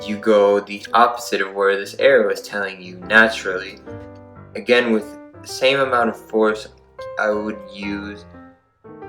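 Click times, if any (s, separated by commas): none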